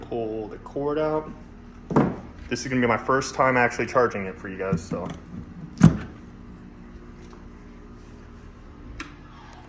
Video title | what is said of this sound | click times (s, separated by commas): EV-Station Setup/Unboxing | I heard it click | 9.0 s